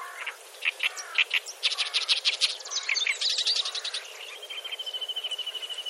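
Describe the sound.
Oriental reed warbler song: harsh, chattering phrases of grating notes and buzzy bursts, changing pattern quickly, ending in a fast, even, repeated trill.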